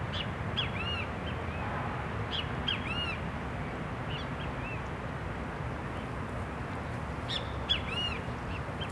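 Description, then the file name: Great kiskadee calling with repeated bright, arching notes, several grouped closely together, against steady low-pitched background noise. Several birds recorded beside a lake in a city park in Brasília, Brazil. "Passaros Bem-Te-Vi a Beira do Lago do Parque da Cidade de Brasilia"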